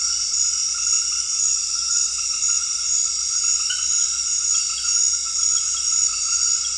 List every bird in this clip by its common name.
none